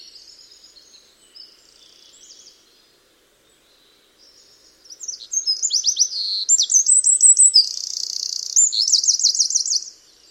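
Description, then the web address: Bird song: faint, scattered twitters for the first few seconds, then a loud, rapid burst of high chirps and buzzy trills for about five seconds. "Bird Only"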